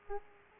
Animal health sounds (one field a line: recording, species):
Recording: mosquito wingbeat signal from an infrared sensor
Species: Aedes aegypti